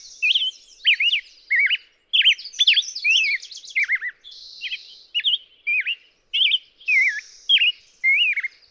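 Black-headed grosbeak song of quick, sweet, downslurred and upslurred whistles with occasional drawn-out buzzy notes, delivered as a continuous warbling stream.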